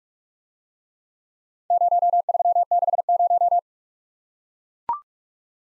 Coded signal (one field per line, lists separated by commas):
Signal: Morse code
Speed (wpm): 44 wpm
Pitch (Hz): 700 Hz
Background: none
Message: 0360